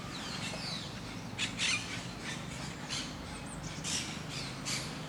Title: Parc de Forest, 1060 Saint-Gilles, Belgique - Parakeets - Perruches